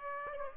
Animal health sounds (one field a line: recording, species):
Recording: mosquito wingbeat signal from an infrared sensor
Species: Aedes aegypti